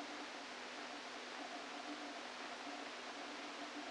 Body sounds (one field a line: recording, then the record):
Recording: brain microelectrode recording played as sound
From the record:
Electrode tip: outside the subthalamic nucleus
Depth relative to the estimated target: -3 mm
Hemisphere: left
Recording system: NeuroSet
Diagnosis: Parkinson's disease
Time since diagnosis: 13 years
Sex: male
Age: 49 years